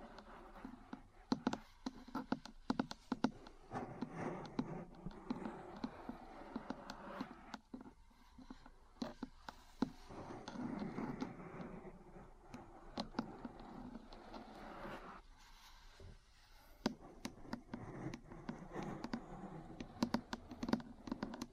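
Metal parts tap and scratch in irregular bursts of sharp clicks over a low rustling scrape, with brief lulls near eight and fifteen seconds.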